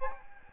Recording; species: mosquito wingbeat signal from an infrared sensor; Aedes albopictus